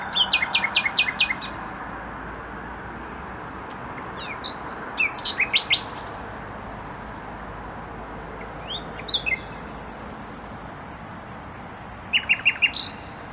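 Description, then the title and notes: Nightingale song: rattling phrases and clicking notes, then a long rapid buzzy trill and a final flourish, with traffic noise throughout. Singing in bushes close to a noisy motorway, Trasa Toruńska, Bródno-Podgrodzie, Warsaw, Poland; recorded with an Olympus LS-11. "Bródno-Podgrodzie, Warszawa, Polska - Trasa Toruńska Nightingale. Recording nightingale singing in bushes close to noisy motorway"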